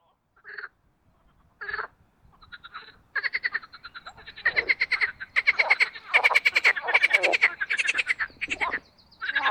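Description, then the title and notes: Marsh frogs start with a few isolated croaks, then build into a loud, continuous chorus of rattling, laughing pulses overlapping one another. Mating chorus in spring in an artificial pond made for boating, Oise, France; cold preceding night, slow start. "au Parc Chédeville dans l'Oise. des grenouilles rieuses"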